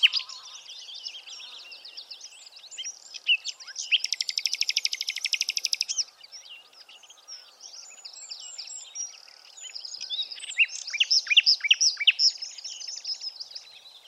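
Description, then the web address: Bird chatter throughout, high twittering notes with a rapid buzzy rattle in the middle, then a fresh surge of quick sharp chirps toward the close. "Bird Only"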